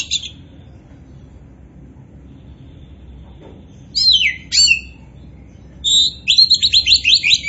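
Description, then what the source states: Oriental magpie-robin: a short note, a long quiet pause, then two sharp sweeping whistles and a quick run of repeated chattering notes. Kacer poci type of Oriental magpie-robin, described as gacor (singing vigorously and continuously).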